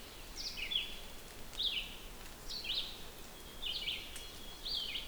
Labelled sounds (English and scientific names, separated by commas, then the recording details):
Red-eyed Vireo (Vireo olivaceus) song
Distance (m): 40 m
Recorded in boreal forest in Alberta, Canada, on 6 June 2016 at 08:36
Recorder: SongMeter 3, array SBT-3-51
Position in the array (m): 150 m, 68 m